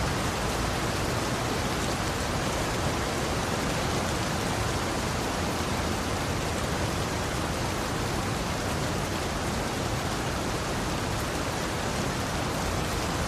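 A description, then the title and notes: Rain falls in a dense, unbroken hiss that stays level for the whole clip, with no single drops standing out. The sound fills everything from a soft low rumble up to a bright, airy top, and nothing else breaks through. Rainy Bliss: Experiencing the Serene Rain.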